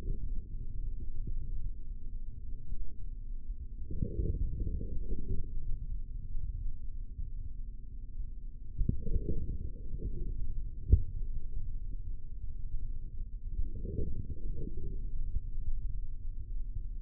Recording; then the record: forearm muscle sounds (acoustic myography)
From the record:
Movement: forearm pronation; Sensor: system 3, bracelet of six PUI Audio POM-2738L microphones around the upper forearm, with dedicated amplification and filtering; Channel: 5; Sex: male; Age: 25 years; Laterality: right